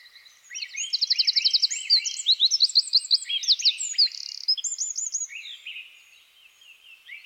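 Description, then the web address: Eurasian wren song: a loud, fast outpouring of high notes with a rapid machine-gun trill near the start, continuing with quick upswept chirps over about six seconds. "SETE Troglodytes troglodytes"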